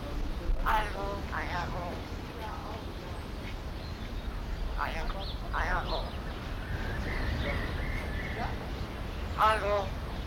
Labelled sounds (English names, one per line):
Common Hill Myna